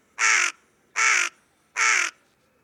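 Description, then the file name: Carrion crow with three evenly spaced, hoarse caws, each loud and raspy, about three-quarters of a second apart. "Corvus corone"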